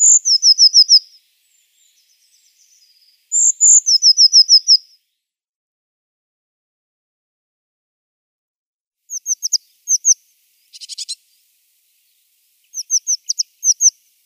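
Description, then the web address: Eurasian blue tit singing high, sharp notes that run into a rapid trill. Two full phrases are followed by shorter, quieter bursts of notes and a brief buzzy rattle. "Schulze Peter Eurasian Blue Tit song"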